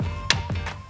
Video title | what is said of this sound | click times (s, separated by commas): EcooPro Stereo Headphones: Unboxing and Review! | ooh all right so you get a snap in place right there | 0.3 s